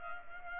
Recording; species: mosquito wingbeat signal from an infrared sensor; Culex pipiens